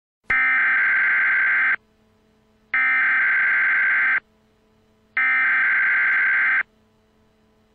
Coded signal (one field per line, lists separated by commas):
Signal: Emergency Alert System (SAME) tones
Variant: header bursts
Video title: EAS Scenario- The Innocent Part 1- Where it all begins